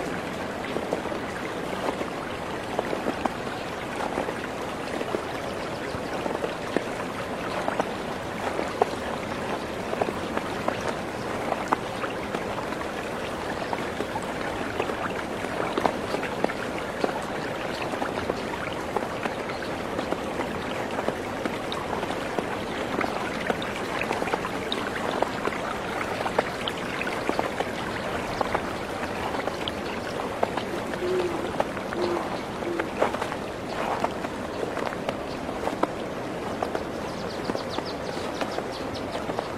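A river flows quietly in a steady, dense wash of water sound that barely changes across the whole forty seconds. Small bright splashes and trickles flicker constantly through it, and a faint thin chirp surfaces briefly around the thirty-second mark.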